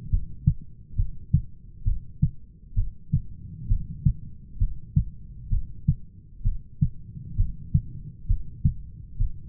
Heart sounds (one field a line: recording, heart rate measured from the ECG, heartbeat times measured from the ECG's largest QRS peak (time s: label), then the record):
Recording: heart sounds by stethoscope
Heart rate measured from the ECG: 66 bpm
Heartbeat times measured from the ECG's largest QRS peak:
0.11 s: heartbeat
0.98 s: heartbeat
1.86 s: heartbeat
2.76 s: heartbeat
3.69 s: heartbeat
4.60 s: heartbeat
5.51 s: heartbeat
6.45 s: heartbeat
7.38 s: heartbeat
8.28 s: heartbeat
9.19 s: heartbeat
From the record:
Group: heart failure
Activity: rest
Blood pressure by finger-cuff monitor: 136/94 mmHg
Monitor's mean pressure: 110 mmHg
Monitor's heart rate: 66 bpm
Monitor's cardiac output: 6.2 L/min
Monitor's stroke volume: 93 mL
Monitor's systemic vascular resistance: 1320 dyn s/cm5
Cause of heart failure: idiopathic cardiomyopathy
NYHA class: 1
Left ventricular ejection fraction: 50%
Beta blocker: bisoprolol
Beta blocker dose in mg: 5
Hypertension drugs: candesartan, spironolactone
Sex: male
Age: 54 years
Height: 180 cm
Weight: 94.6 kg